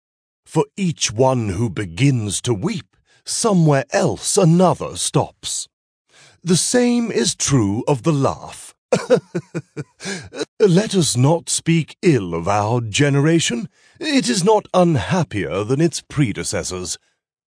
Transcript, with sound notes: For each one who begins to weep, somewhere else another stops. The same is true of the laugh. (He laughs.) Let us not speak ill of our generation, it is not unhappier than its predecessors.